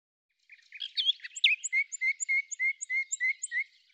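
Bird song: a few sharp chirps, then a fast run of short, high, evenly spaced notes with a thin upper tone, lasting about three seconds against silence.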